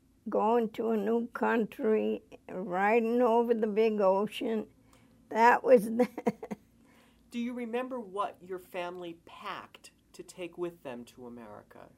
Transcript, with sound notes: going to a new country, riding over the big ocean. That was it. (she laughs)
Do you remember what your family packed to take with them to America?